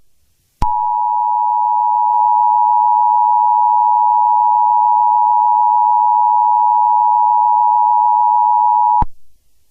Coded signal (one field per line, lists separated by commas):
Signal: Emergency Alert System (SAME) tones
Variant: 853 and 960 Hz attention tone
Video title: EAS Scenario #11: Five Nights At Freddy's 4